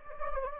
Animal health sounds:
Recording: mosquito wingbeat signal from an infrared sensor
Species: Anopheles gambiae

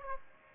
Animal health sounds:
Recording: mosquito wingbeat signal from an infrared sensor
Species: Aedes aegypti

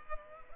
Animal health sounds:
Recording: mosquito wingbeat signal from an infrared sensor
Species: Culex pipiens

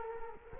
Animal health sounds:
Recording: mosquito wingbeat signal from an infrared sensor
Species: Culex quinquefasciatus

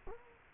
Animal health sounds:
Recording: mosquito wingbeat signal from an infrared sensor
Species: Culex quinquefasciatus

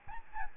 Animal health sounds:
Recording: mosquito wingbeat signal from an infrared sensor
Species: Aedes albopictus

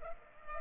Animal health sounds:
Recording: mosquito wingbeat signal from an infrared sensor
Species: Culex pipiens

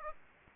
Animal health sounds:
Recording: mosquito wingbeat signal from an infrared sensor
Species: Aedes aegypti

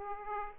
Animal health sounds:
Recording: mosquito wingbeat signal from an infrared sensor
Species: Aedes aegypti

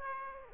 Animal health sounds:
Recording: mosquito wingbeat signal from an infrared sensor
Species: Aedes aegypti

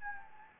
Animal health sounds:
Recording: mosquito wingbeat signal from an infrared sensor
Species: Anopheles gambiae

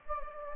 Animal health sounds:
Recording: mosquito wingbeat signal from an infrared sensor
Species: Anopheles gambiae

